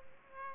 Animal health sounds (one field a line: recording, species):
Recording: mosquito wingbeat signal from an infrared sensor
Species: Aedes aegypti